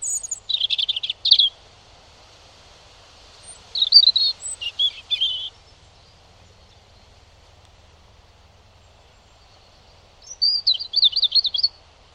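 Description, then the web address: European robin song: short bursts of high, thin, tinkling notes, three phrases separated by long silent pauses. "Deverinetal 2025 File origin Bird Only Er Ru"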